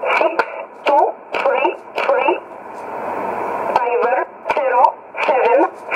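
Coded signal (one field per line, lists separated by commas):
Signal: numbers station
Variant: E11 Oblique, English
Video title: 12 06 2017 Numbers station E11 Oblique in English to Eu 0754 on 9610 in USB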